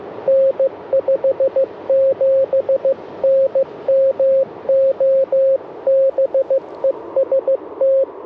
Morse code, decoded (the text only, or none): N 57N MO BEST